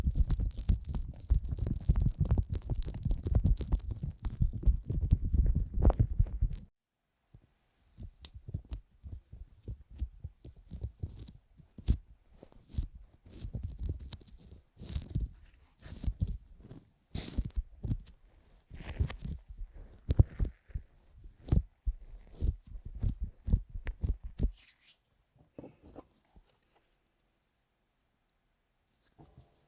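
Fast, intense ear massage with cream: dense low rubbing for six seconds, then choppy squishy strokes in bursts, thinning out and stopping near twenty-five seconds.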